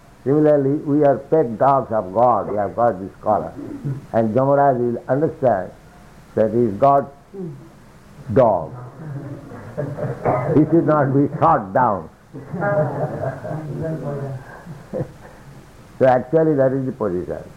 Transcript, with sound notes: similarly, we are pet dogs of God, we have got this collar, and Yamarāja will understand that 'He is God's dog.' "" [laughter] 'He should not be shot down.' " So actually that is the position.